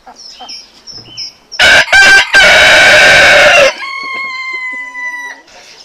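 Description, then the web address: Chicken crow, loud and raspy, two quick bursts then a long held note, followed by a thinner drawn-out note that slowly falls in pitch. "aso-bit 2018 chicken"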